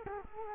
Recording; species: mosquito wingbeat signal from an infrared sensor; Culex quinquefasciatus